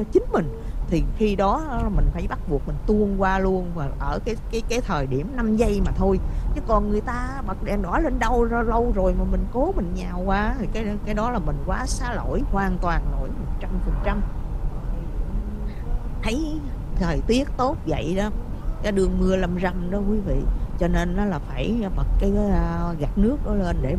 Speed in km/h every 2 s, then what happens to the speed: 44, 50, 55, 56, 58, 60, 58, 56, 58, 56, 56, 56.
0-7 speeds up to 58. 7-24 steady at about 56.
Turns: none.